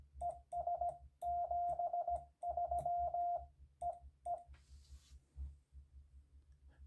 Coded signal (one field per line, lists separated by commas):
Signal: Morse code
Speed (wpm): 18 wpm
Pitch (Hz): 700 Hz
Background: none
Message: ES 73 EE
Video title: A Tribute to Marconi + My Story: the first CW I ever copied